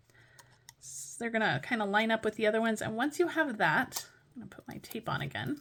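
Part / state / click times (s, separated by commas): metal cutting die onto previously cut cardstock / seated / 0.7 s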